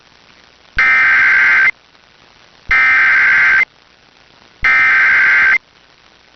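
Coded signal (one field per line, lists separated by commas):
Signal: Emergency Alert System (SAME) tones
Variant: header bursts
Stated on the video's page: Flash flood alerts, personal captures.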